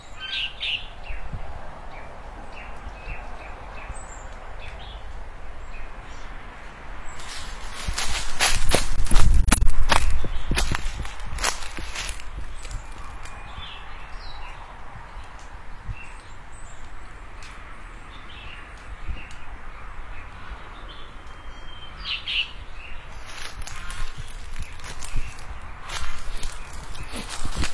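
Morning birdsong by a pond in front of a house, with short chirps scattered throughout over a steady low murmur. Around 8 to 11 seconds a burst of crunching, shuffling footsteps rises loudly, then fades; more scattered clicks and steps return near the end.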